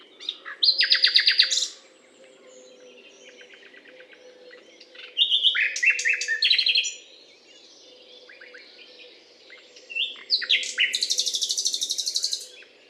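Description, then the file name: Common nightingale delivering three loud, rich phrases of rapid repeated notes and chattering trills, each separated by a few seconds of quiet. Recorded on a limestone hill, Butte calcaire de Gratacap, France, on 19 May 2012. "rossignol philomele Butte calcaire de Gratacap"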